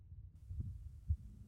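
Soft, low, muffled thumps of an adult heartbeat heard close up against a quiet background.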